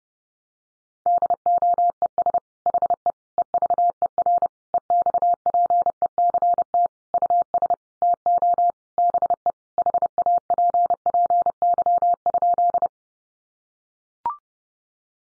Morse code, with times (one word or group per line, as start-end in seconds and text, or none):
1.1-2.4 DOES
2.7-3.1 HE
3.4-4.5 EVER
4.7-6.9 EXPECT
7.1-7.7 US
8.0-8.7 TO
9.0-9.5 BE
9.8-12.9 HAPPY?